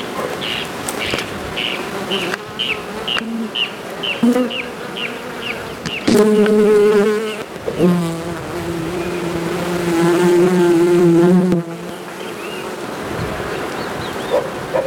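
Bee buzzing with sustained low droning hums coming in waves, with a series of high chirps repeated through the opening seconds.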